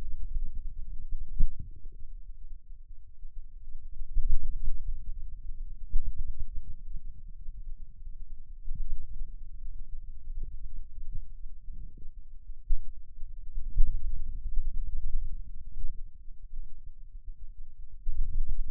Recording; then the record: forearm muscle sounds (acoustic myography)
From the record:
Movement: finger pinch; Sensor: system 2, bracelet of six BSWA MPA416 microphones around the upper forearm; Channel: 1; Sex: male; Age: 22 years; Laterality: right